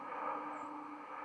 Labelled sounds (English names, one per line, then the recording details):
White-throated Sparrow flight call
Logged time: 00:05 on 31 October 2014